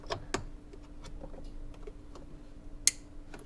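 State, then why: Seated. A wiring harness connector is plugged back into the sensor on top of the air filter box of an Acura NSX during a K&N air filter install. Soft fiddling ticks and taps come first, then a loud, sharp click at 2.9 s. The connector is seated and secure.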